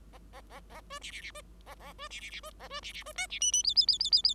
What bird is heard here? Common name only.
Bengalese Finch